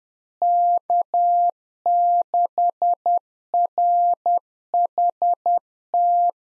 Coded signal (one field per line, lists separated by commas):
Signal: Morse code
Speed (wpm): 10 wpm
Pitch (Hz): 700 Hz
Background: none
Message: K6RHT